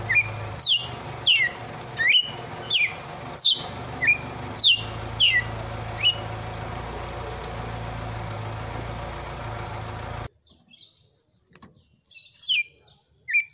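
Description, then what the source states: Red-cowled cardinal song of quick, downslurred whistles repeated rapidly for about six seconds over steady hum, then a pause and a few more whistled notes. Female.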